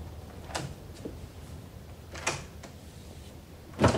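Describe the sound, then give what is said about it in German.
A bedroom door being shut by Eric Lanz: a few short wooden clunks and rattles spaced over several seconds, ending in a louder, solid thud as it closes. No one speaks. “Eric Lanz winkte Tom ins Schlafzimmer und schloss die Tür.”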